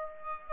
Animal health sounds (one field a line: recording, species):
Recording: mosquito wingbeat signal from an infrared sensor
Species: Aedes aegypti